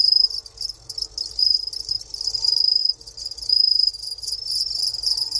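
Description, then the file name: Two-spotted cricket chirping, a high, shrill trill in bursts and swells, with a faint second tone above. Kept in a museum in Moscow, Russia; recorded 3 March 2016. "Gryllus bimaculatus in Darvinovskiy museum 2016-03-03"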